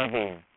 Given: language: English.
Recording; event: throat vibration sensor signal played as sound; speech